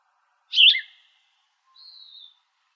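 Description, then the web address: Plumbeous vireo: a short, slurred note, then after about a second a thin, high whistle lasting about half a second, against a quiet background. "Sound Library Shrikes Vireos PLVI deviche"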